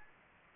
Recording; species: mosquito wingbeat signal from an infrared sensor; Anopheles gambiae